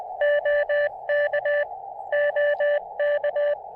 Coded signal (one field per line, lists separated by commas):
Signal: Morse code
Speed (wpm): 20 wpm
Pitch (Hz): 590 Hz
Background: none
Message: OK OK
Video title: POTA Field Report: Activating South Mountains with the N6ARA TinyPaddle!